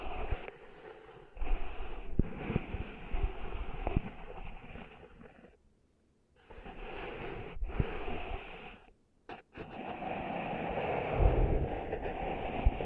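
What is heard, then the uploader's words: Close scratching and rubbing of cleaning sand out of ears, a dense gritty rustle that comes in bursts. It stops briefly around six seconds and again near nine, then returns fuller and steadier toward the end, with a few sharp clicks and low thumps. ASMR Cleaning Sand Out of Your Ears (No Talking).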